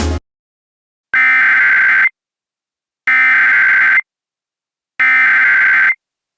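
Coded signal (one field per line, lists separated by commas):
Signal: Emergency Alert System (SAME) tones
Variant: header bursts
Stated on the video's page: Fictional EAS scenario with valid tones, a work of fiction.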